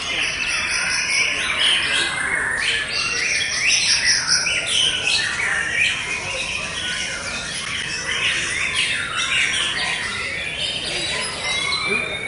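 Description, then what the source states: White-rumped shama singing varied high notes and short whistles almost without pause, over a dense noisy background. Wild white-rumped shama, original natural song, recorded in forest.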